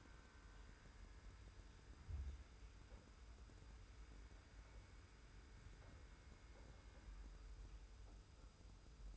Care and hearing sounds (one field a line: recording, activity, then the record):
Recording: daily activity, microphone in the room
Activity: wipe stove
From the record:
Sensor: 2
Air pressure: 991.4 hPa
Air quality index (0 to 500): 152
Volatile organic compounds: 476 ppm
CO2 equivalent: 4787 ppm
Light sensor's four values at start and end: 38/111/44/42 and 38/111/44/42